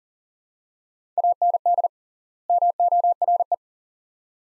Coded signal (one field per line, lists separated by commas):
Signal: Morse code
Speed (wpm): 40 wpm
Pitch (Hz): 700 Hz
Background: none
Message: AND MORE